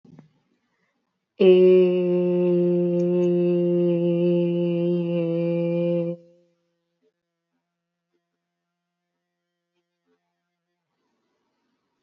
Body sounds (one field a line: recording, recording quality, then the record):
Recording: sustained vowel as in made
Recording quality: excellent, no background noise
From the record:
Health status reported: healthy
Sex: female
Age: 19 years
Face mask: not worn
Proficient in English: yes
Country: India